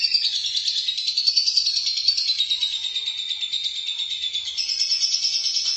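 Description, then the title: Lovebird song: an unbroken, rapid, rattling trill, high and buzzy, wavering slightly in pitch throughout. "BM Suara Burung Lovebird"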